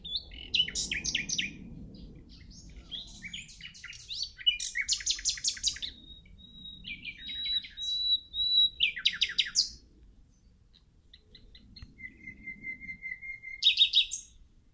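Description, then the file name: Common nightingale singing varied phrases: rapid rattling trills, pure drawn-out whistles and rich, bubbling notes, separated by brief pauses, over a soft low rumble. "Luscinia megarhynchos"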